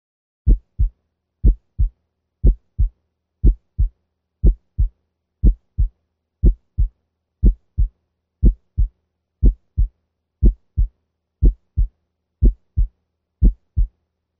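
Simulated heart sounds at a steady 60 beats per minute, with regular low-pitched lub-dub pairs heard over the tricuspid area. The first sound is split into two close components. Pathologic splitting of S1 can come from bundle branch block or ventricular extrasystoles.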